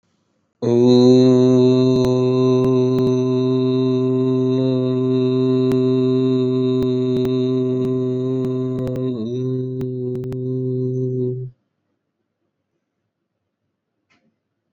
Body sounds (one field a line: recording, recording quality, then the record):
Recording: sustained vowel as in boot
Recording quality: excellent, no background noise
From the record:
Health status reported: COVID-19 positive, moderate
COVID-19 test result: positive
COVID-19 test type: RT-PCR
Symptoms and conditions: cough, cold, sore throat, fatigue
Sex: male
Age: 26 years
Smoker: no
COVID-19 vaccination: both doses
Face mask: not worn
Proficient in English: yes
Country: India